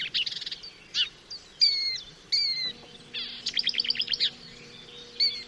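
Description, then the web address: Marsh warbler song with mixed whistled and buzzy phrases, some clear tonal slurs and a quick trill, with a steady low hum running underneath in the second half. "chant didier collin rousserolle verderolle"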